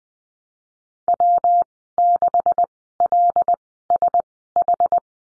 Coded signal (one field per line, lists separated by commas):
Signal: Morse code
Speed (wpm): 20 wpm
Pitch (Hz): 700 Hz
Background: none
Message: W6LSH